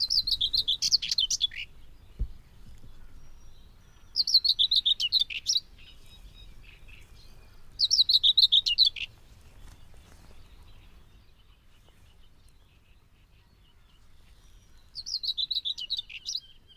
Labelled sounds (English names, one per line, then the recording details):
Common Whitethroat
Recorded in the wild
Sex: male
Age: adult
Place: Hobrechtsfelder Rieselfelder, Naturpark Barnim, Brandenburg, DE
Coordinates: 52.6681, 13.4717
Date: 2008-05-12
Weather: clear, ca. 15°C, no wind
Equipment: Sound Devices 702, Sennheiser MKH 70, Windkorb
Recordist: Frommolt, Karl-Heinz